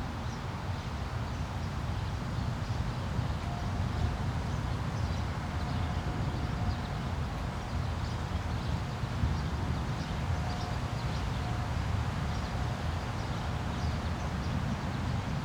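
Light rain falls in a steady, dense patter that never lets up, laid over a heavy low rumble like passing traffic. A faint thin tone drifts in twice, around the fourth and tenth seconds, holding for a few seconds each time.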